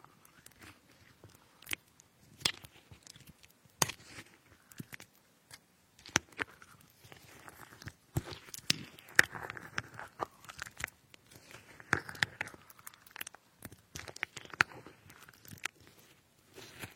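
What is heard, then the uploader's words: Strawberries are being cut, with sharp knife taps on the board at irregular intervals, some around 2, 4, 6 and 8 seconds. Between them run soft, wet crunching and squelching sounds, busiest from about 8 to 13 seconds. Cutting fruits like strawberries.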